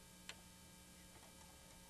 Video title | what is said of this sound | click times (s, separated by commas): White Superlock 634D Video Workbook | elastic foot in and lower it right down and it'll snap right in place | 0.3 s